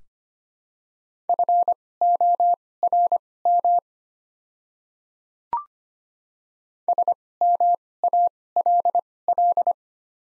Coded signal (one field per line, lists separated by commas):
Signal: Morse code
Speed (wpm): 25 wpm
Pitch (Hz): 700 Hz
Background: none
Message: FORM SMALL